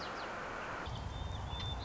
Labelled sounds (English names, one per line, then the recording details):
White-crowned Sparrow
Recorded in Sonoma County, California